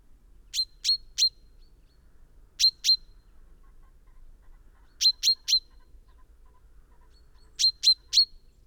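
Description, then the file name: Common chaffinch giving sharp, metallic call notes in quick bursts of two or three, each burst repeated roughly every two and a half seconds, four bursts in all, against a quiet background. "Fringilla coelebs"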